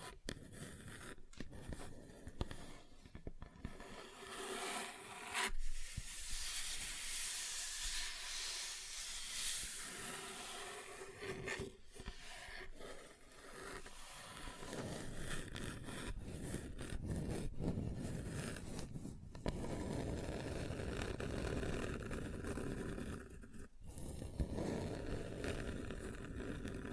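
Hands work over a table's surfaces, producing a dense, rough scraping and rubbing that runs almost without pause. The texture shifts between brighter hissy stretches and lower, fuller ones, broken by brief silent cuts near 1, 5, 12, 19 and 23 seconds.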